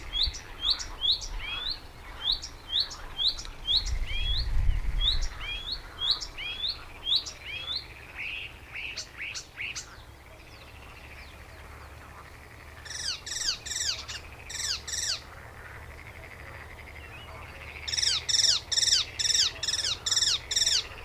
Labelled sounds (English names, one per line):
Icterine Warbler